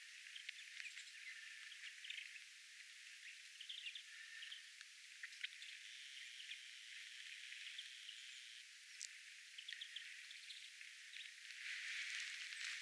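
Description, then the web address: Small birds twittering with rapid, irregular high chips and short trills, several birds overlapping, a sudden louder burst of chatter near the end, over soft hiss. Small birds calling calmly at a bird feeder on an island, recorded 10 January 2025. "paivat 10 1 2025 vahan rauhallista pikkulintujen aantelya saaren linturuokinnalla"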